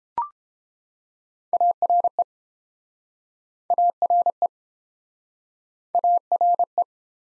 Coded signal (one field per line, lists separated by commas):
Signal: Morse code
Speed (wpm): 31 wpm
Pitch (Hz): 700 Hz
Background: none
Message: ARE ARE ARE